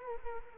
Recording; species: mosquito wingbeat signal from an infrared sensor; Culex quinquefasciatus